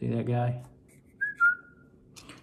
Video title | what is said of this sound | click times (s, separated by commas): APEX 2p8 Connector Walkthrough | went together they go together like that with a red click locking | 2.2 s, 2.3 s